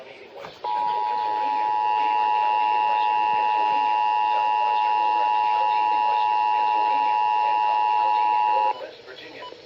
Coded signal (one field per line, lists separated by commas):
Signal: Emergency Alert System (SAME) tones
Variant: 853 and 960 Hz attention tone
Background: speech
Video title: WTF was that ffw issuance? EAS Alerts from 7/10/2026 (EAS 565-580)